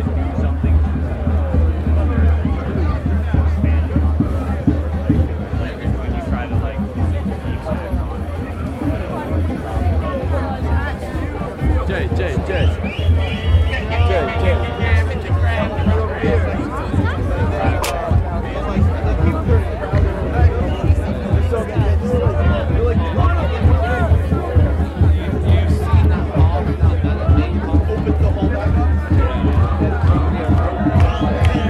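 A crowd of people mills about the stones at Stonehenge on the solstice, with overlapping voices talking and chattering for the whole stretch. The babble stays dense and steady, with a constant low rumble underneath and no single voice standing out for long.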